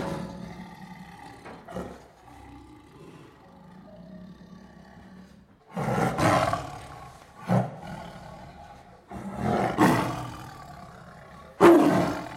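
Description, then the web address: Tiger growling softly and steadily at first, then breaking into a run of loud, rasping snarls and sharp bursts toward the end. One tiger snarling and growling, with others in the background. "Sound Effects-BBC Nepal"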